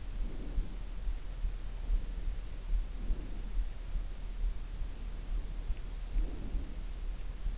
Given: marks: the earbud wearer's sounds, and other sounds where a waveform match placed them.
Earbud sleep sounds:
sounds in sleep by an in-ear microphone; breath
0.00-0.77 s: breath
2.89-3.57 s: breath
6.00-6.72 s: breath

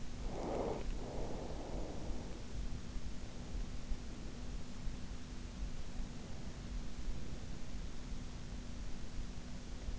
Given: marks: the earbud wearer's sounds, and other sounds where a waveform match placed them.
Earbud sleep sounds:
sounds in sleep by an in-ear microphone; breath
0.00-3.13 s: breath

